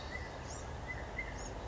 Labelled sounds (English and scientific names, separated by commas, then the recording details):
California Quail (Callipepla californica)
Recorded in Sonoma County, California